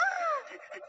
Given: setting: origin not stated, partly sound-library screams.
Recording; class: one-second piece from a danger detection set; woman in danger